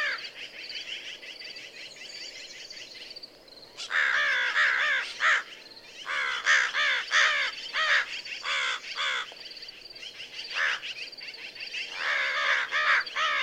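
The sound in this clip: American crow cawing, bursts of short harsh notes in quick runs separated by brief pauses.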